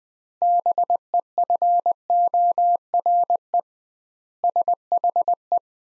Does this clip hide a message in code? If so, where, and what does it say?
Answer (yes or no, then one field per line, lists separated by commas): yes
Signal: Morse code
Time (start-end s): 0.4-5.6 s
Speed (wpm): 20 wpm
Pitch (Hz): 700 Hz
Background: none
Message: BEFORE SHE